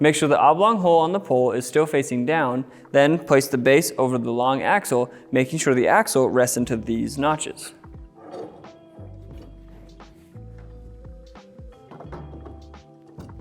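Someone talks over music while the plastic base of a Lifetime 44" Portable Poolside Basketball System is placed over the pole's long axle, with the pole's oblong hole facing down and the axle resting in the base's notches. After the talking ends, soft placement thunks sound at about 8.7, 11.4, 12.5, 12.7 and 13.3 seconds. The base has not been stepped on yet, and the axle has not clicked into the slots.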